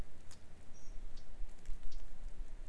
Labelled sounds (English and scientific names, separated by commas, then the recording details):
Eurasian Blackcap (Sylvia atricapilla)
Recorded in Germany
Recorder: ecoPi